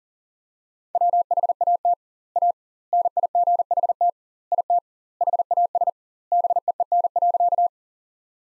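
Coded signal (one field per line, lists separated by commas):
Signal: Morse code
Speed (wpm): 40 wpm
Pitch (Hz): 700 Hz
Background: none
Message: WHAT A NIGHT IT HAS BEEN.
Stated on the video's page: Morse practice sentences built from the top 300 words, sent at 40 wpm with twice the standard word spacing, a word-level Farnsworth-style approach.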